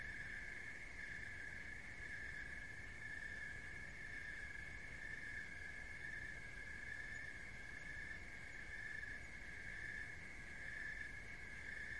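A high, steady cricket trill with faint once-a-second pulsing continues, with a quiet low-frequency hum behind it.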